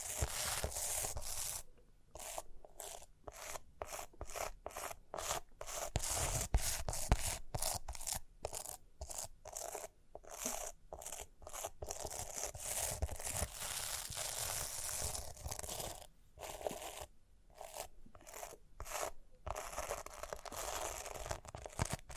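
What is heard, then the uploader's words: Rhinestone-covered surface being scratched and brushed in quick, rasping strokes that fill nearly the whole 22 seconds. The scraping comes in fast, uneven bursts with brief silent gaps, especially around 2–4 and 16–20 seconds, and stays bright and gritty throughout. Rhinestone Tapping, Scratching, Brushing.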